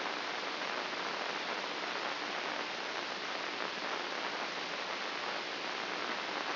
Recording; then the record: brain microelectrode recording played as sound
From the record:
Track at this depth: outside the subthalamic nucleus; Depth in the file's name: 8.028 mm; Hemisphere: left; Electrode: 2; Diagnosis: Parkinson's disease